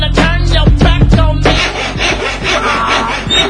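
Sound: sawing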